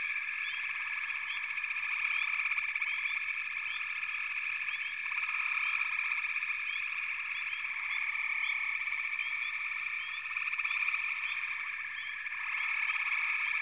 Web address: Natures Songs Sleep Sounds of Nature FROGS Frog Chorus